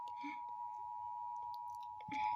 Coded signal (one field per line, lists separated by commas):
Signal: Emergency Alert System (SAME) tones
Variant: 853 and 960 Hz attention tone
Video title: South Carolina required monthly test emergency alert WFXB FOX TV WMBF NBC WPDE ABC 15 WBTW NEWS 13